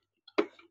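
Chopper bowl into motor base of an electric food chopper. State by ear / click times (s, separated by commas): seated / 0.3 s, 0.4 s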